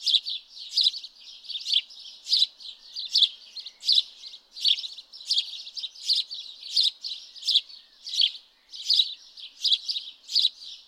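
House sparrow chirping persistently, short buzzy cheeps repeated quickly and fairly evenly throughout.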